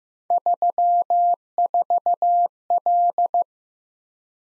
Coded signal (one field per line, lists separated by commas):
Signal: Morse code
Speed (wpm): 18 wpm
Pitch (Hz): 700 Hz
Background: none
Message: 34L